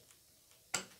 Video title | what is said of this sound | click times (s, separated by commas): Upgrade Macbook Pro 2012 (MD 101) -- Ganti RAM biar Ngebut | Nah, sampai bunyi klik itu artinya dia sudah terpasang. | 0.8 s